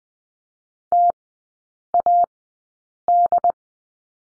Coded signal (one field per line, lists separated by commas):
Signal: Morse code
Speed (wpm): 20 wpm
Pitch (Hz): 700 Hz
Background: none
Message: T A D